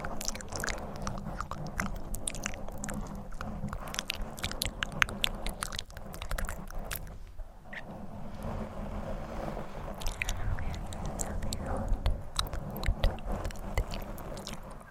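Mouth sounds and scratching on a microphone, with dense wet clicks and crackles scattered throughout over a steady low rumble. The activity thins briefly around seven to eight seconds, then resumes with quick, irregular bursts.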